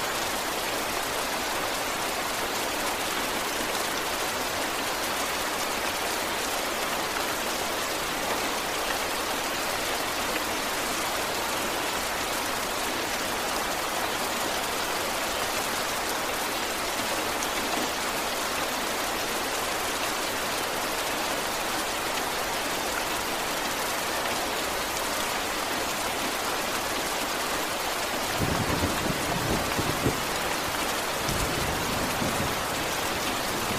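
Medium-heavy rain falls in a steady, dense hiss that fills the upper range evenly. Around the 28-second mark a low rumble swells in the bass for several seconds, fading near the end, as the rain continues unchanged.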